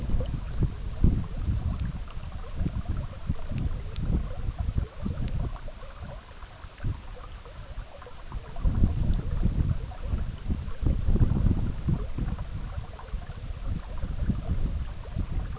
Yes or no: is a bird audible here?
no